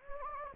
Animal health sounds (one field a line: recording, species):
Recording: mosquito wingbeat signal from an infrared sensor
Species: Anopheles gambiae